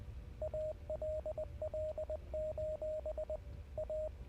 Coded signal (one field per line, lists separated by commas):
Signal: Morse code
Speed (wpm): 19 wpm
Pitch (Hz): 620 Hz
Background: radio noise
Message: ALL: A